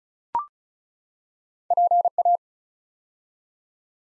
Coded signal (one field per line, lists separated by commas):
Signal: Morse code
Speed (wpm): 33 wpm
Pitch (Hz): 700 Hz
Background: none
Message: PA